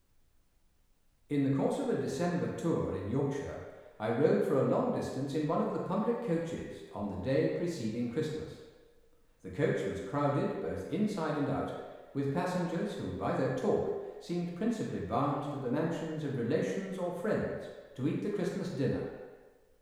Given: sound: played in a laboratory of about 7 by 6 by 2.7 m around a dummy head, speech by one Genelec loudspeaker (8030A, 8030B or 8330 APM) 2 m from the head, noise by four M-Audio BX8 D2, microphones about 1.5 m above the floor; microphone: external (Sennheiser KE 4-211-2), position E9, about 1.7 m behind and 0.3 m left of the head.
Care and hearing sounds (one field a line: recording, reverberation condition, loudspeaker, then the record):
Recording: male speech in English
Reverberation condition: high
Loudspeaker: 150 degrees to the right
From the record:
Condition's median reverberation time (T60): about 1300 ms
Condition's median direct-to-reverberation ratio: about -4.0 dB